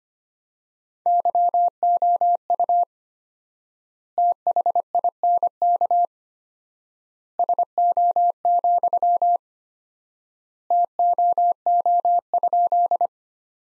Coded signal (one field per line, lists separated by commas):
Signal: Morse code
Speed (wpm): 25 wpm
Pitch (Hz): 700 Hz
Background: none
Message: YOU THINK SO, TOO?